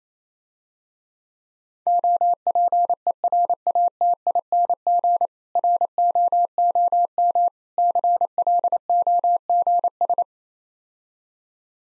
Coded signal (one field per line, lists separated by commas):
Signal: Morse code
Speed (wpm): 28 wpm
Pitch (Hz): 700 Hz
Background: none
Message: OPERATING ROOM CLOGS